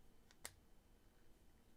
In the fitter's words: oh i guess it just locks in place like that